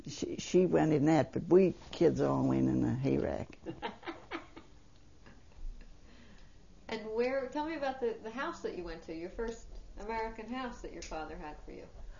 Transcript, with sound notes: she went in that. But we kids all went in a hayrack. (They laugh.)
And where, tell me about the house that you went to, your first American house that your father had for you?